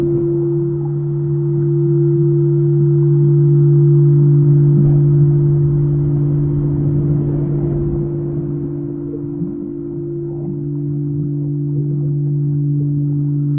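Singing bowls hum in two steady, low sustained tones throughout, over a soft murky wash with faint scattered clicks and crackles.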